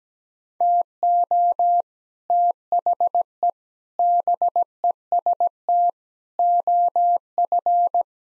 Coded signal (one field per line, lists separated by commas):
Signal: Morse code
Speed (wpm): 17 wpm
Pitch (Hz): 700 Hz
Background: none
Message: TO THE BEST OF